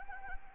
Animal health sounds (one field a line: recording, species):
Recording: mosquito wingbeat signal from an infrared sensor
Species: Anopheles arabiensis